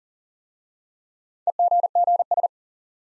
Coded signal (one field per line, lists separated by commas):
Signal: Morse code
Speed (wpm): 41 wpm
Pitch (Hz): 700 Hz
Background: none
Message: EGGS